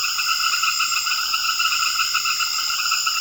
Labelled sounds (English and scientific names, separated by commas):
none